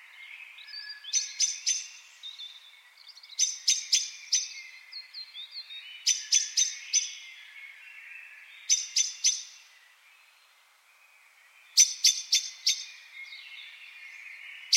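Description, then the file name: Common blackbird delivering bursts of three or four abrupt, clicking calls, repeated about every two to three seconds, amid soft chattering of other birds and a brief quiet spell. "Turdus merula"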